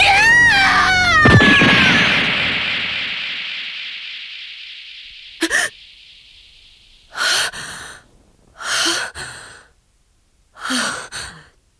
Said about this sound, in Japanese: どうしたの？叫び声なんかあげちゃってびっくりしたわ。 また夢を見たの？